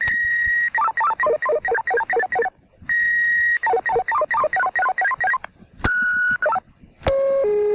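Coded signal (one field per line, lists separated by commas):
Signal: five-tone selective call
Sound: long steady high tone, then rapid chirping bursts of stepped tones, repeated twice, then steady tones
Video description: Modulated tone sequences from a vintage pager transmitter recorded in 1982 in the United States at St. Petersburg Beach, Florida.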